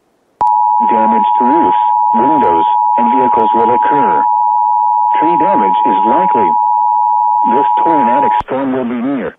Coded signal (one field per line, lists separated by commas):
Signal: Emergency Alert System (SAME) tones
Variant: 853 and 960 Hz attention tone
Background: speech